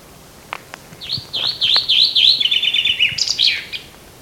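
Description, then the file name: Common chaffinch song: a few sharp ticks, then a run of descending slurred notes speeding into a rapid trill and ending in a brief flourish. "Fringilla coelebs"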